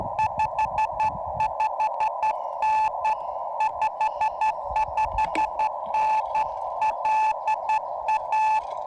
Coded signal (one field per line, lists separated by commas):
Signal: Morse code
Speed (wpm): 11 wpm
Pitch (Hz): 870 Hz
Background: none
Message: 55N 55N LA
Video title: Morse Code POTA Activation... In My Underwear?!?